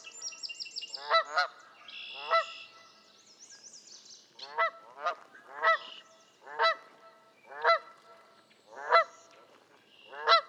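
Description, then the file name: Canada goose: high squeaky calls open, then Canada goose honks settle into a steady rhythm of about one per second, some in pairs. "kanadai lud hangja"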